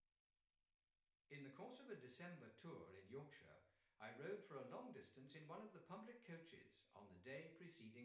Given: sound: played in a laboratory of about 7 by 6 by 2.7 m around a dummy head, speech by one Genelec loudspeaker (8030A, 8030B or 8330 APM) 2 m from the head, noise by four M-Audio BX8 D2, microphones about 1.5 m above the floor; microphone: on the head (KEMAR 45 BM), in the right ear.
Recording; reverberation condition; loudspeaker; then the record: male speech in English; medium; 120 degrees to the right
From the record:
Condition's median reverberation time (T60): about 510 ms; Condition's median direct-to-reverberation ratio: about -0.5 dB